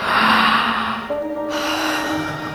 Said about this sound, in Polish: Dziewczynka przywitała nowy dzień siarczystym ziewnięciem.